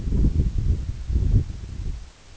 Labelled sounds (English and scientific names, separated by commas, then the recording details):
none
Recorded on Arctic tundra, site EABA-1, on 24 June 2018
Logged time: 10:00